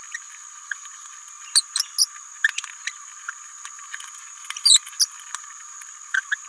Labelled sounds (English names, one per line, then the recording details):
Green-rumped Parrotlet babbling
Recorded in a nest box in Venezuela
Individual 18B17A3